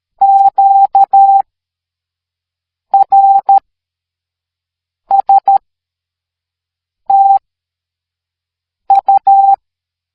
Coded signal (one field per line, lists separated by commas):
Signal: Morse code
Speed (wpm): 13 wpm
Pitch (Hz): 790 Hz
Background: none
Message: Q R S T U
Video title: Morse Code | LearnItAll